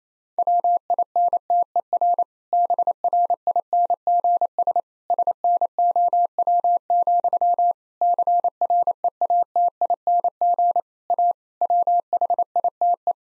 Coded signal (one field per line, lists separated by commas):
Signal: Morse code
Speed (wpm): 28 wpm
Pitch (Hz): 700 Hz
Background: none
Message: WINTER BRINGS SNOW, CREATING A WHITE